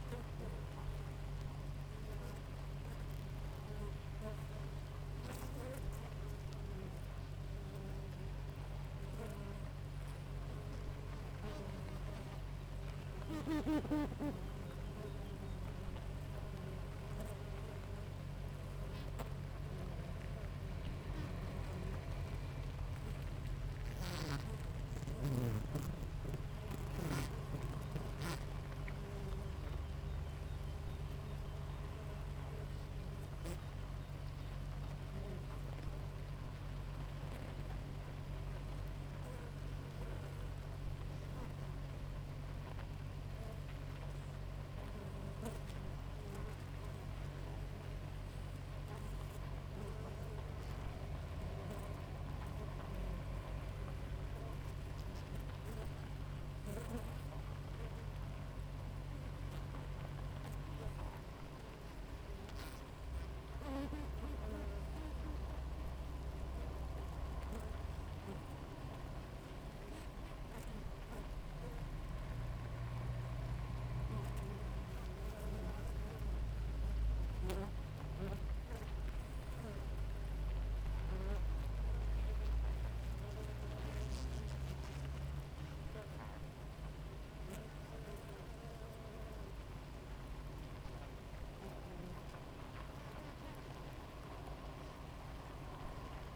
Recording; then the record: honeybee colony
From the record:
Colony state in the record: active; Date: 28 July 2017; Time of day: 6:16